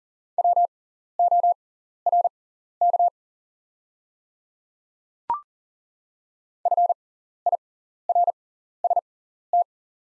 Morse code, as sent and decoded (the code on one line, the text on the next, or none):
.-- --- .-. -.- / ..-. .. .-. ... -
WORK FIRST